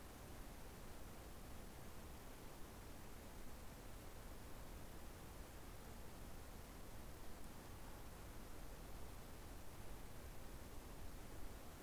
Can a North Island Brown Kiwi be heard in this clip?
no